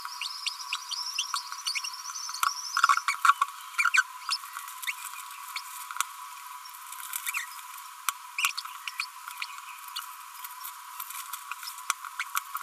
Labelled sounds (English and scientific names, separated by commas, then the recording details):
Green-rumped Parrotlet (Forpus passerinus) babbling
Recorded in a nest box in Venezuela
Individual 18B25A4